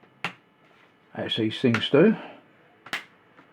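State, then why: Seated. Plastic retaining clips on the top cover of a Dell Inspiron 1525 laptop case are pressed back into place. A sharp snap sounds at 0.2 s, then someone talks, and two quick clicks at 2.9 s and 2.9 s mark the clips popping into place. A faint tap follows at 3.4 s, and the clips are all seated.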